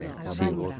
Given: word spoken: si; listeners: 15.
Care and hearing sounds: one Spanish word in noise, from a listening test; four-talker babble; 0.1 dB; 1 of 15; 8 of 15; 0.40 s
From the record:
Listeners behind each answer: 8, 1, 1, 1, 1, 1, 1, 1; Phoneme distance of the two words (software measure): 14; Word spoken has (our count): 1 syllable, 2 phonemes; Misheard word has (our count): 2 syllables, 4 phonemes, stress on syllable 1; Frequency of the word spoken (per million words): 2146.58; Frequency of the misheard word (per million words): 15.59

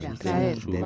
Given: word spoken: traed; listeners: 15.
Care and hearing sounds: one Spanish word in noise, from a listening test; four-talker babble; -0.7 dB; 0 of 15; 8 of 15; 0.46 s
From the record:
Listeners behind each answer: 8, 7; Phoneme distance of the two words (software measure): 27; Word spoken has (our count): 2 syllables, 5 phonemes, stress on syllable 2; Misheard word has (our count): 2 syllables, 4 phonemes, stress on syllable 2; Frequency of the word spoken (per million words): 0.12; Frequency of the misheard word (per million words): 65.01

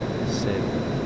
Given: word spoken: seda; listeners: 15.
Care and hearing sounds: one Spanish word in noise, from a listening test; speech-shaped noise; -6.7 dB; 0 of 15; 13 of 15; 0.67 s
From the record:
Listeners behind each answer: 13, 1, 1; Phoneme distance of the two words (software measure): 17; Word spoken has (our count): 2 syllables, 4 phonemes, stress on syllable 1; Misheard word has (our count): 1 syllable, 3 phonemes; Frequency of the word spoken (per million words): 15.77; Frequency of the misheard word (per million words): 1526.78

